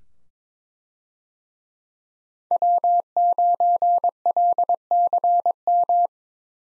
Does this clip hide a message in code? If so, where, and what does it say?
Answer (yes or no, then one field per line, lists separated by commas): yes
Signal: Morse code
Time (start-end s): 2.5-6.1 s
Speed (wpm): 21 wpm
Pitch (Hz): 700 Hz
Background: none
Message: W9LCM